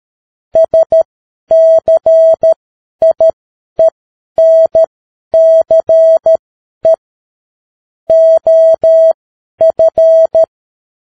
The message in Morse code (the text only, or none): SCIENCE OF